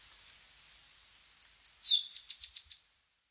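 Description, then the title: Tepui brush finch phrase: a couple of high notes, a falling whistle, then several rapid high notes, with a faint steady high tone behind. "LuckyPassaro Completos2Sama. Tepui Brush Finch (Atlapetes personatus)"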